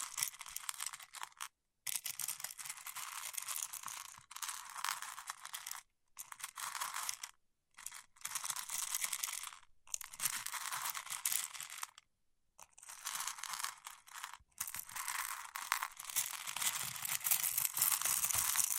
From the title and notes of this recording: ASMR with Wax Fingertips for Sleep (No Talking).